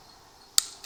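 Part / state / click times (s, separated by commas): hydraulic cylinder seal into the groove of the ram gland / seated / 0.6 s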